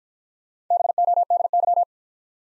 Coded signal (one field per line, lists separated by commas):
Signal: Morse code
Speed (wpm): 54 wpm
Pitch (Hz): 700 Hz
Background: none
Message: BODY